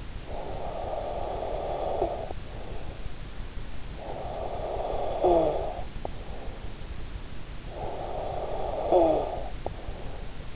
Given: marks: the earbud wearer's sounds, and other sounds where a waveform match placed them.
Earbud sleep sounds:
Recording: sounds in sleep by an in-ear microphone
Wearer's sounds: snoring breath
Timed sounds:
0.00-3.12 s: snoring breath
3.57-6.76 s: snoring breath
7.40-10.56 s: snoring breath

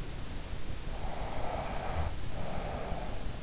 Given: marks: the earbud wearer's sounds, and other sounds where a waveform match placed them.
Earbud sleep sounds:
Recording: sounds in sleep by an in-ear microphone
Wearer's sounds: breath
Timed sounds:
1.11-3.19 s: breath

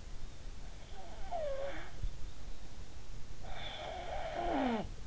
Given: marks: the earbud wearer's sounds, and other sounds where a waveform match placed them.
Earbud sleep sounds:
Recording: sounds in sleep by an in-ear microphone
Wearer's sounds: snoring breath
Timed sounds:
0.85-2.28 s: snoring breath
3.29-5.01 s: snoring breath

